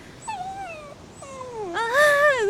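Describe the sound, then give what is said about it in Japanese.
A dog named Sunny whimpers on a hilltop in three drawn-out, high-pitched whines, the first two gently falling and the last louder and wavering up and down, with no voices over it. “何よ、泣けば済むと思ってるの？”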